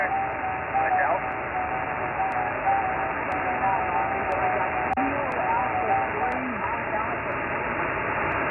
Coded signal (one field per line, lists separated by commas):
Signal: FT8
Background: speech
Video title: Remote Icom IC-7610 | Icom RSBA1 v2 | RF2K-S Amplifier | POTA Contact | Remote Control HF Operations